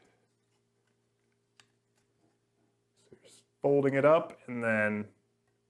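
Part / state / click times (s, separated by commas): folding stock retaining clip into rifle chassis / not seated / none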